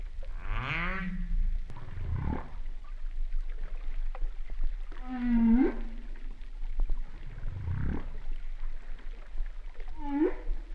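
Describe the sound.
Humpback whale sounds: sweeping harmonic cries alternating with deep rumbling grunts, with a short upturned whoop near the end.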